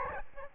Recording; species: mosquito wingbeat signal from an infrared sensor; Aedes albopictus